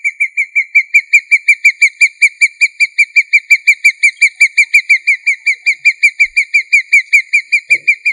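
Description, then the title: Chicken whistling a steady, unbroken stream of many high, clipped notes throughout; quiet background with a faint low knock near the end. "manok ostrali"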